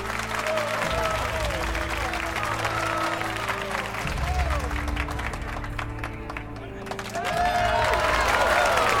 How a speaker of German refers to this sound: Ein Zauberkünstler war der Letzte, der die Anwesenden in seinen Bann gezogen hatte. Unter tobendem Applaus verließ er die Bühne.